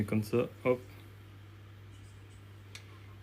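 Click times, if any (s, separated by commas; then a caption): 2.8 s. A plastic accessory is fitted onto a handheld Switch 2 console controller and pressed until it clips in. Someone talks briefly at the start, then after a quiet pause a single short click is heard at 2.8 s as the accessory seats.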